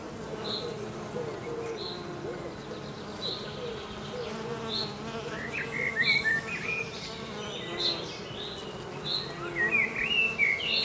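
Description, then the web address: Bee buzzing, a steady low humming drone with wavering overtones throughout, while birds chirp and whistle above it, with short repeated notes and brighter twittering phrases. "Soundscape Abeille"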